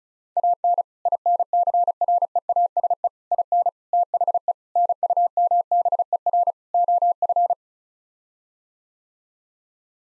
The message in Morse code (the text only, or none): AN INCREASE IN THE NUMBER OF